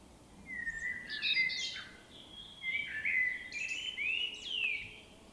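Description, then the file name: Common blackbird warbling continuously: sweet whistled slides mixed with sharp rising and falling high squeaks. "Turdus merula"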